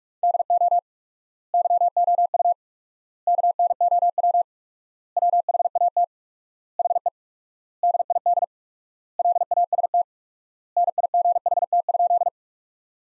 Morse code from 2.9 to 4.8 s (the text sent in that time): KNOW